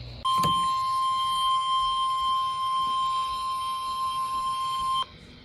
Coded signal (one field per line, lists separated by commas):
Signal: Emergency Alert System (SAME) tones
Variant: 1050 Hz attention tone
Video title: Another MCS I Guess - EAS Alerts from 5/26/24 || EAS 1,267-1,293